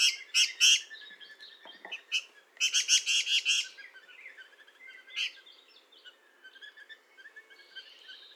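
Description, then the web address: Chinese babax calls: harsh, buzzy bursts in quick uneven runs, the loudest early and near three seconds, then softer scattered notes. "sound Babax-lanceolatus. صدای-پرنده-باباکس-چینی"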